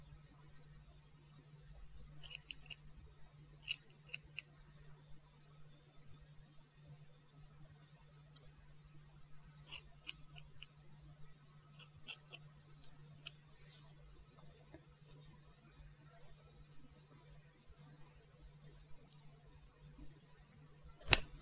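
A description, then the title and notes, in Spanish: Scissors snip during a haircut, in short bright clusters of quick clicks around the second, tenth and twelfth seconds, with scattered single snips between and a sharp one near the end. A steady low hum runs underneath the whole time. Corte de cabello. Muchos sonido de tijeras.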